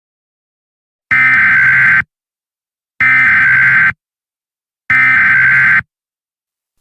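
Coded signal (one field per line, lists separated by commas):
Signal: Emergency Alert System (SAME) tones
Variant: header bursts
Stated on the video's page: Fictional EAS scenario using real EAS alert sounds.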